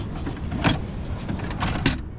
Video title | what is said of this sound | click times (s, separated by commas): Jeep JLU Rubicon - Ferris - Custom Rigs | wow locks in place | 1.9 s